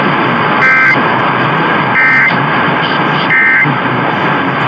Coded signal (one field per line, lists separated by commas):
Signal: Emergency Alert System (SAME) tones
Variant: end-of-message bursts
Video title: KDKA Weekly Test (1/23/22)(EAS 1062)